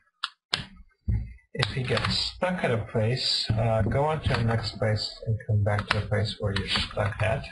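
Fingertips pry the plastic screen bezel off the display lid of an HP Mini 311 netbook, and the snap-in clips pop free one after another with sharp snaps at about 0.2, 0.5 and 1.6 seconds. Someone talks throughout, and the snapping is taken as a good sign that the bezel is coming loose.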